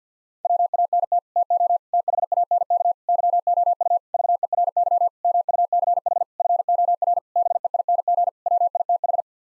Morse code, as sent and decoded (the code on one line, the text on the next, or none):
.-- .- -. - / - --- / - .... .- -. -.- / -.-- --- ..- / ...- . .-. -.-- / -- ..- -.-. .... / ..-. --- .-. / -... . .. -. --. / .-- .. - ....
WANT TO THANK YOU VERY MUCH FOR BEING WITH